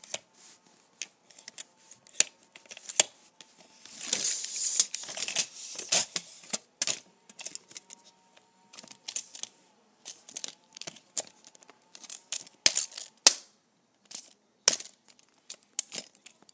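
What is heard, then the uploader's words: A tape measure being pulled and handled, with sharp clicks and snaps scattered irregularly across the whole stretch. A denser, rasping slide of tape runs from about 4 to 6 seconds. A faint, thin steady tone hums underneath most of the clip. ASMR Pulling my Tape Measure.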